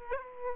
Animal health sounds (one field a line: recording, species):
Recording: mosquito wingbeat signal from an infrared sensor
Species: Aedes aegypti